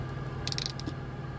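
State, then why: Torque reached. A ratcheting crimping tool is squeezed hard onto a heat-shrink butt connector on 12 V wire, and its ratchet pawl clicks through the cycle as the jaws close. Sharp, bright clicks land at 0.5, 0.5, 0.7 and 0.8 s over a steady low hum. The tool then releases at full compression, leaving a finished crimp.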